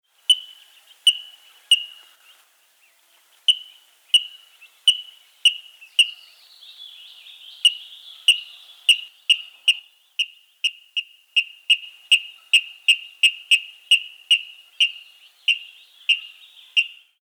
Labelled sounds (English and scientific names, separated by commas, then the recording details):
Water Rail (Rallus aquaticus)
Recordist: Tembrock, Günter
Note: Rufreihe